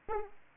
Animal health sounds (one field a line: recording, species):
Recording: mosquito wingbeat signal from an infrared sensor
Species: Aedes aegypti